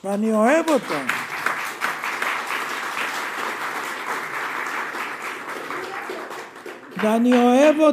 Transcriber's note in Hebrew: מחיאות כפיים